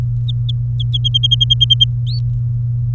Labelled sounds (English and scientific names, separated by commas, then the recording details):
Domestic Canary (Serinus canaria) song
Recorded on 23 April 2018 at 15:35
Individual llb3